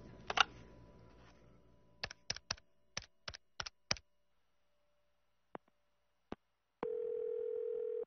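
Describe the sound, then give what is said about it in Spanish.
At the Marriott Hotel, a telephone handset clatters, then a quick series of sharp button clicks dials a number, followed by a couple of isolated clicks and a steady, loud dial tone humming to the end. “Al regresar al Hotel Marriott, tomé el teléfono, dispuesto a solventar mis dudas de un plumazo.”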